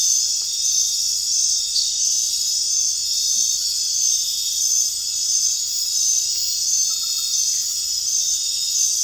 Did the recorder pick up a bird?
no